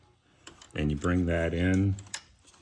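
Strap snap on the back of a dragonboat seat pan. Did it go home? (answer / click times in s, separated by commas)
no / none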